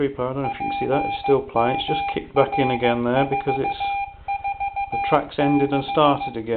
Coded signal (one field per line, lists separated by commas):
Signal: Morse code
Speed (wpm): 14 wpm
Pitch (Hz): 800 Hz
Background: speech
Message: PMR446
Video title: Homebuilt PMR446 Radio Beacon